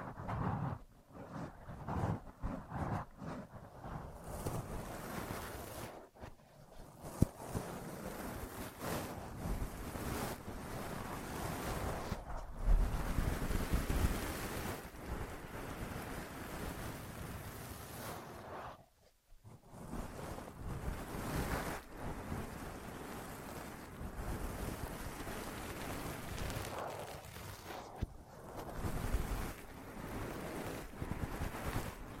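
Ear massage and cleaning sounds: dense, rumbling rubbing and rustling that surges and eases, with brief silences near 6, 19 and 28 seconds.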